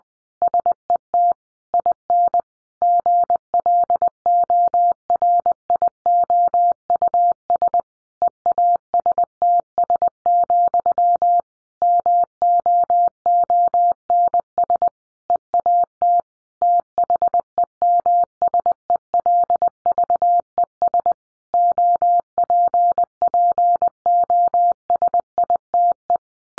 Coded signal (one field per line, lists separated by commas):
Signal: Morse code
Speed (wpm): 20 wpm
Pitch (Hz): 700 Hz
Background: none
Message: SET IN GLORIOUS EASTS, MOONS EAT THEMSELVES OPPOSITE